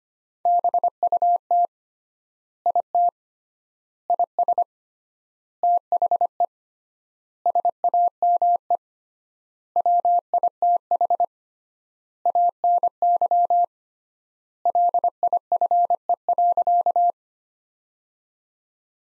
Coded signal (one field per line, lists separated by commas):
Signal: Morse code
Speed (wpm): 25 wpm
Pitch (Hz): 700 Hz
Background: none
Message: BUT IT IS THE SAME WITH ANY LIFE.